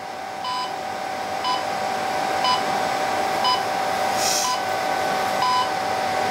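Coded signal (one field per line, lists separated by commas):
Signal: radio time signal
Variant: DCF77-style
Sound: six short high beeps, one each second, over a steady low hum and hiss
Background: steady hum, hiss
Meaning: Each beep marks one second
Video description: The beeps come from our modified-DCF77 AM-coded 25 MHz radio transmitter.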